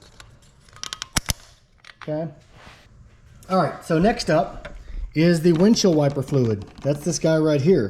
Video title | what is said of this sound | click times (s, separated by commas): 2016 Fiat Abarth Oil Change - Step-by-step Guide | screw it back on make sure it clicks a couple of times | 0.8 s, 0.9 s, 1.0 s, 1.2 s, 1.3 s